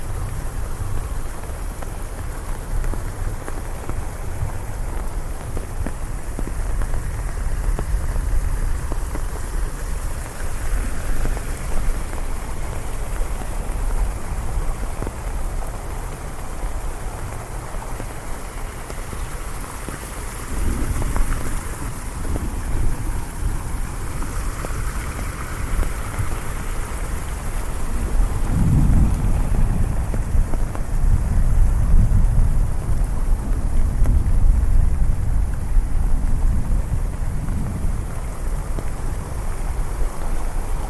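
Heavy rain pours steadily throughout, with low thunder rumbling in the background and swelling louder around the thirty-second mark.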